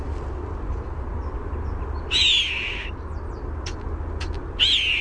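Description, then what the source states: European starling giving a harsh buzzy burst, a few clicks and a second short buzzy note at the end, with low rumble underneath. Warbled song.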